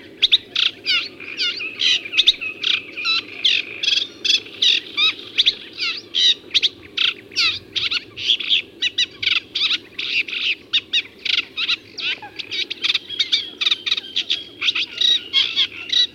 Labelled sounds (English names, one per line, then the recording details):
Sedge Warbler song
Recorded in the wild
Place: Temmen-Ringenwalde, Mecklenburg-Vorpommern, DE
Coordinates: 53.097, 13.748
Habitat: Lake
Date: 1982-05-13
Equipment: Nagra III BH, Sennheiser MD 21, parabola
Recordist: Schubert, Michael